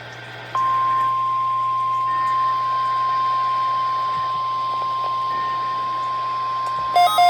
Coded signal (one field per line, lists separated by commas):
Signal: Emergency Alert System (SAME) tones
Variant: 1050 Hz attention tone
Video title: 11/12/25 - KHB38 & WXJ94 Required Weekly Tests (EAS #1343 & EAS #1344)